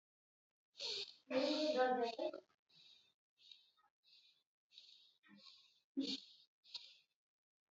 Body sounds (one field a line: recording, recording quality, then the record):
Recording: shallow breathing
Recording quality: excellent, no background noise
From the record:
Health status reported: exposed to COVID-19, no respiratory illness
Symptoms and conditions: cough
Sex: female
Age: 41 years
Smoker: no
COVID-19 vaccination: both doses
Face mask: not worn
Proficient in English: yes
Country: India